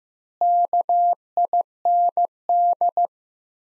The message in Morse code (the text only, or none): KIND